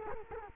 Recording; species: mosquito wingbeat signal from an infrared sensor; Culex quinquefasciatus